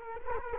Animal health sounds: mosquito wingbeat signal from an infrared sensor; Culex quinquefasciatus

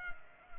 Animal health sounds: mosquito wingbeat signal from an infrared sensor; Culex pipiens

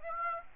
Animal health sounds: mosquito wingbeat signal from an infrared sensor; Aedes aegypti

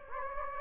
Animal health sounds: mosquito wingbeat signal from an infrared sensor; Anopheles gambiae

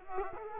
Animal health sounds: mosquito wingbeat signal from an infrared sensor; Culex quinquefasciatus

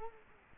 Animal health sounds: mosquito wingbeat signal from an infrared sensor; Culex quinquefasciatus

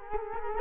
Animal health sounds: mosquito wingbeat signal from an infrared sensor; Culex quinquefasciatus

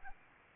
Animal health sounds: mosquito wingbeat signal from an infrared sensor; Aedes albopictus

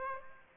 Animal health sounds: mosquito wingbeat signal from an infrared sensor; Aedes aegypti

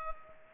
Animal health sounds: mosquito wingbeat signal from an infrared sensor; Culex pipiens

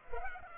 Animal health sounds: mosquito wingbeat signal from an infrared sensor; Culex pipiens

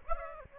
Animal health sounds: mosquito wingbeat signal from an infrared sensor; Aedes aegypti

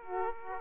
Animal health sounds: mosquito wingbeat signal from an infrared sensor; Aedes aegypti

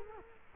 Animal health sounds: mosquito wingbeat signal from an infrared sensor; Culex quinquefasciatus

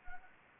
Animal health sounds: mosquito wingbeat signal from an infrared sensor; Anopheles gambiae

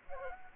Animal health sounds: mosquito wingbeat signal from an infrared sensor; Culex quinquefasciatus

